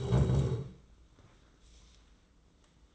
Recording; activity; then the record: daily activity, microphone in the room; stand up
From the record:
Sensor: 3